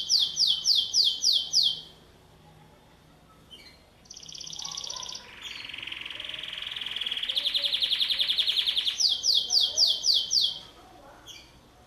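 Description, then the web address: Canary song opening with repeated sharp downslurred notes, a pause, then buzzy rolling trills rising in loudness, and the quick downslurred series again near the end. "Golchin Best Canari Seda Canari. Niyaz Music)"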